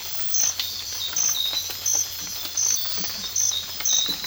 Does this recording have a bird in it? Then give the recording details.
no. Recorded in secondary vegetation near Puerto Asís, Putumayo, Colombia, on 8 March 2025 at 05:00. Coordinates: 0.498, -76.327. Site G001